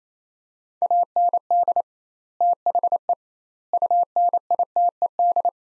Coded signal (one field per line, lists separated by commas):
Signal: Morse code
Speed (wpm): 28 wpm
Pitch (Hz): 700 Hz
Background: none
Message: AND THE UNITED